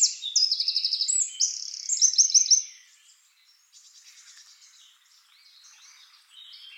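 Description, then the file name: Eurasian wren singing loud, rapid, high-pitched trills and sharp notes for under three seconds, followed by quieter, softer twittering. "Troglodytes troglodytes"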